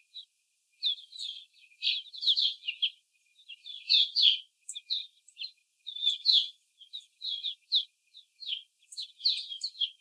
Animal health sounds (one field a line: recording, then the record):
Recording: young laying hens in a cage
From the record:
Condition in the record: before the stressor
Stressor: simulated dog barking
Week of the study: 4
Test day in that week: 3